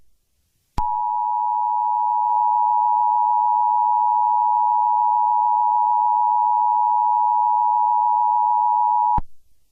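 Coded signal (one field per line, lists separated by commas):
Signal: Emergency Alert System (SAME) tones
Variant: 853 and 960 Hz attention tone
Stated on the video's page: Fictional mock EAS scenario about a multiverse invasion.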